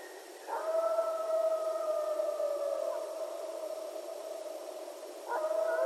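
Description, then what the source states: Coyote giving a long, steady, sustained howl, then another howl begins near the end. Several coyotes, recorded 15 January 2012.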